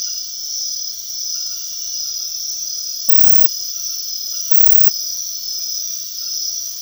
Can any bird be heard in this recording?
no